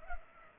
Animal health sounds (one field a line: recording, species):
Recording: mosquito wingbeat signal from an infrared sensor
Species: Culex pipiens